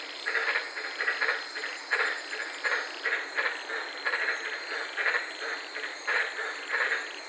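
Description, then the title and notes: White-lipped tree frogs give rapid, clipped croaking barks in a loose repeated rhythm, with a constant high hiss behind. Several frogs recorded at night from inside a car in the Daintree rainforest, Queensland. "White Lipped Frog Podcast. I was sitting in my car in the Daintree rainforest in Queensland this night and fell asleep listening to these amazing White lipped frogs"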